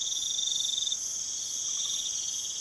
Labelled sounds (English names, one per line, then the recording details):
none
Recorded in pastures near Puerto Asís, Putumayo, Colombia, on 21 March 2025 at 01:00
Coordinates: 0.487, -76.322
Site G077